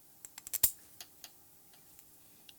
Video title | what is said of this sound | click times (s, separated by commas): Im in The Shop Jack Shaft & alignment | Push it down until it clicks into place. | 0.6 s